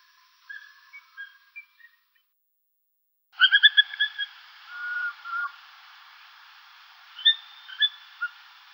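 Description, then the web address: Greater spotted eagle with several short yelps, a pause, then a burst of loud, rapid yelping notes followed by scattered calls. "Uzbek hayvonlar. Aquila clanga"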